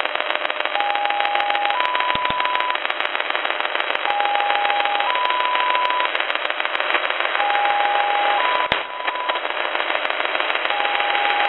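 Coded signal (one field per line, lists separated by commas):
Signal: numbers station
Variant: XPA-like polytone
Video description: then a strong carrier tone, then what sounds like XPA polytone sync tones. (Numbers transmission starts around the 7:06 mark)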